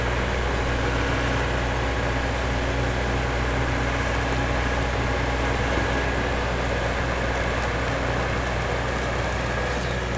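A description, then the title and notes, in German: A tractor engine idles steadily throughout, its low rumble and fixed hum unchanging, with a constant hiss layered over it and no distinct events. Die Aufnahmen zu dieser Sendung entstanden in Wien Ottakring, im oberösterreichischen Hausruckviertel, in Ober- und Mittelkärnten sowie an der slowenischen Küste.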